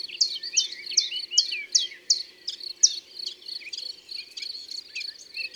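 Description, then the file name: Common chiffchaff singing its clipped, alternating high notes, each a quick downward stroke, delivered nearly three per second over a faint continuous high buzz. "Pouillot veloce"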